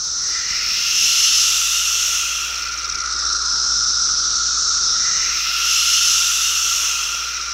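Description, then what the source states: Cassin's 17-year cicada chorus, a dense hissing white-noise wall that swells and fades in slow waves. Species number one, Magicicada cassinii, making the white-noise sound; many calling together, swelling and synchronizing; a 17-year periodical cicada.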